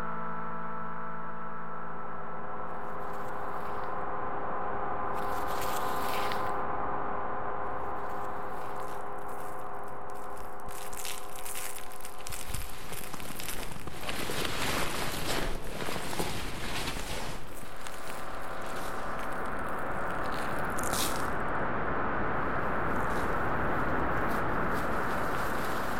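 Generative ambient piece of sustained microtonal chords under crackling, rustling textures like paper and snow, the chords thinning midway as the noisy rustling swells.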